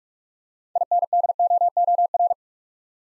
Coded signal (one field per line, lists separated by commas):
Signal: Morse code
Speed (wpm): 44 wpm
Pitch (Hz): 700 Hz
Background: none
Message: INDOOR